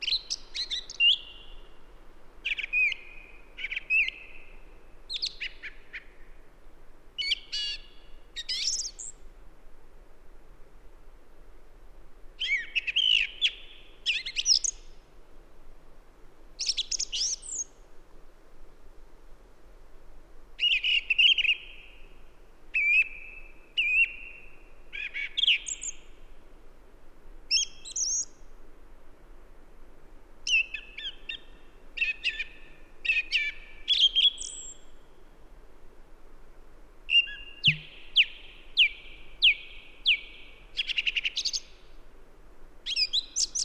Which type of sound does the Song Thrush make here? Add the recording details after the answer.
song. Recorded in the wild. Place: Halbinsel Kindo, Karelien, RU. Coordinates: 66.55, 33.1. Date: 1998-06-22. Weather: clear, 8°C, weak easterly winds. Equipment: Aiwa HD-S1, Telinga Pro 5. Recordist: Frommolt, Karl-Heinz. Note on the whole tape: Mastenweg, Höhe Mast 6: Gesang. Entfernung ca. 20 m. Tier nicht gesehen